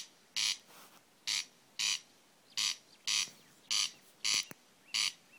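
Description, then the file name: Corn crake rasping call: dry, grating rasps repeated in an uneven rhythm against a quiet, noisy background. "Åkerrikse 300611"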